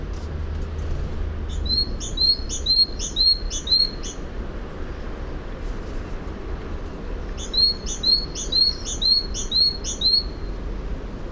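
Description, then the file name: Great tit song: bright, high two-note phrases repeated rapidly in two bursts of about six phrases each, separated by a pause, over low steady background rumble. "Parus major"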